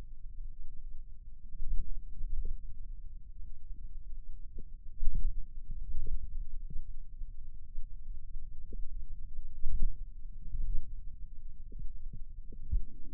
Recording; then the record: forearm muscle sounds (acoustic myography)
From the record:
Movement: wrist flexion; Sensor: system 2, bracelet of six BSWA MPA416 microphones around the upper forearm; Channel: 1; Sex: male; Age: 22 years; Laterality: right